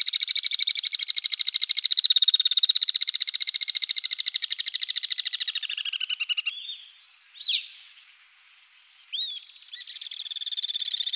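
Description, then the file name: Alpine swift giving a long, fast, rattling trill that wavers in pitch for about six seconds, then fades into a few separate sharp notes and resumes briefly. "rondone maggiore"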